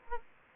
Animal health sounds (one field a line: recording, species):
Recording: mosquito wingbeat signal from an infrared sensor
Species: Aedes aegypti